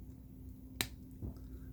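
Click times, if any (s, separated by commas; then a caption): 0.8 s. The leg of a plastic transforming robot figure (Zeta ZC 01 Downthrust / ZC 02 Skystrike) is pulled out along its extension slider until it clicks into its locked position. A single sharp, bright click at 0.8 s marks the leg seating, followed by a softer low thump near 1.2 s over a steady low hum.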